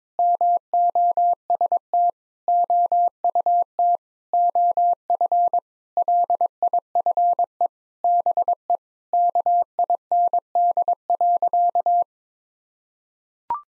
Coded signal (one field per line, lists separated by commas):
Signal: Morse code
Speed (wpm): 22 wpm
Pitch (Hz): 700 Hz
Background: none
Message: MOST OUT OF LIFE BE KIND.